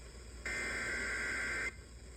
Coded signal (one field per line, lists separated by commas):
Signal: Emergency Alert System (SAME) tones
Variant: header bursts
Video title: EAS #227 & #228 - JAX SVR for Appling, Bacon, Pierce, Wayne [GA] on WXJ28 & WBYZ-FM